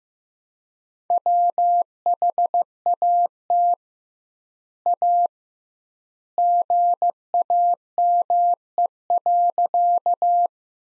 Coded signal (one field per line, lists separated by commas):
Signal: Morse code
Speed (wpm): 15 wpm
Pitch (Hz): 700 Hz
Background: none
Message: WHAT A GAME.